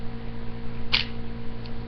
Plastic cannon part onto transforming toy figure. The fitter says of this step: till it snaps into place